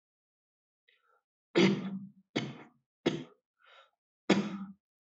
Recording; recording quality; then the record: heavy voluntary cough; excellent, no background noise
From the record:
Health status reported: healthy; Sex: male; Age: 25 years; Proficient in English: yes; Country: India